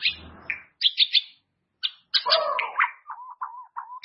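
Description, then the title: White-rumped shama singing in short bursts of varied, rich whistled phrases with pauses, closing with a series of lower mellow notes; a brief low rumbling noise at the start. "murai batu"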